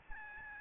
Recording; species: mosquito wingbeat signal from an infrared sensor; Aedes albopictus